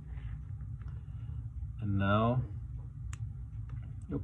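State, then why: Seated. A flat ethernet cable end is pushed a second time into a plastic RJ45 connector housing and seats fully with a single sharp click at 3.1 seconds. Someone talks just before the click, over a steady low hum. The cable is now fully seated in the connector.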